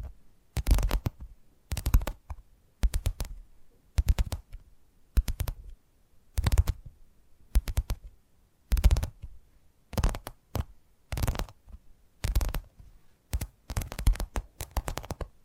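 Tapping triggers come in short bursts of rapid taps, each cluster lasting under a second, repeating roughly every second with brief silences between. The taps are crisp and bright with a dull low thump underneath, and the pattern stays steady throughout.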